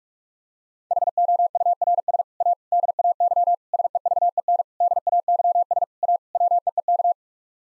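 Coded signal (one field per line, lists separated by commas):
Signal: Morse code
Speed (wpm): 46 wpm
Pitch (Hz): 700 Hz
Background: none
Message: HOURS A DAY SEVEN DAYS A WEEK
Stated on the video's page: Morse code word groups (common 7-word n-grams) sent at 45 wpm for head-copy practice, each set sent twice.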